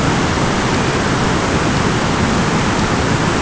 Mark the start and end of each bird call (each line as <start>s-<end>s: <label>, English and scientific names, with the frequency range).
0.61s-1.83s: Dunlin (Calidris alpina) (2.0-3.0 kHz)